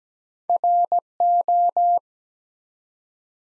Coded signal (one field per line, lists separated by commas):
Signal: Morse code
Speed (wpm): 17 wpm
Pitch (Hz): 700 Hz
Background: none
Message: RO